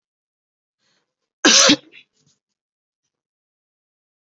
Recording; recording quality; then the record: shallow voluntary cough; excellent, no background noise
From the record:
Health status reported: COVID-19 positive, mild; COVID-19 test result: positive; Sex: female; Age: 37 years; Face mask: worn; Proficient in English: yes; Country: India